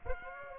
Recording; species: mosquito wingbeat signal from an infrared sensor; Aedes aegypti